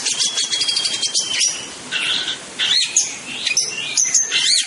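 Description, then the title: Orange-headed thrush song delivered loud and harsh, with scratchy, noisy chattering phrases and strained squeaky notes in short outbursts. "Anis Merah"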